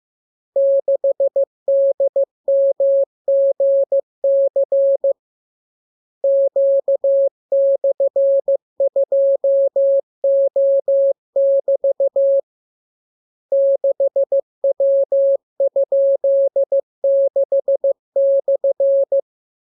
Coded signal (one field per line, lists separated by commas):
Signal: Morse code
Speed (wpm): 15 wpm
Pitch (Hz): 550 Hz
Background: none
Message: 6DMGC Q/2O<BT> 6W?6/